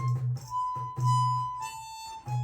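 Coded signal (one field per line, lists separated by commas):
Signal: none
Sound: harmonica music notes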